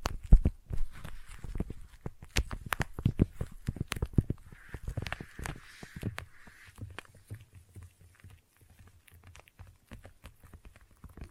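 Sticky tapping in quick, uneven bursts of sharp clicks and wet, tacky smacks, crowded for the first six seconds. A soft rustling hiss rises briefly around five to six seconds. After that the taps thin out into quieter, sparser ticks over a low rumble.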